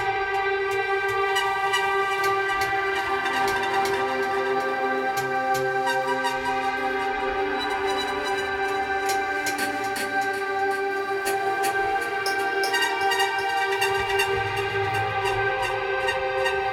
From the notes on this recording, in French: Frottements d'une grosse caisse renversée, nappes synthétiques et spacialisation sonore.